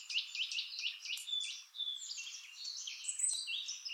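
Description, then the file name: Eurasian blackcap with a rapid, continuous warble of high whistled and chattering notes, a few clear pure tones mixed into the jumble. "Sylvia atricapilla"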